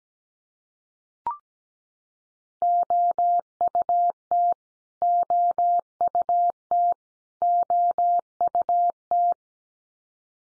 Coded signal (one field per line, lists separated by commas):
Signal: Morse code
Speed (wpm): 17 wpm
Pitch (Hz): 700 Hz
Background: none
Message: OUT OUT OUT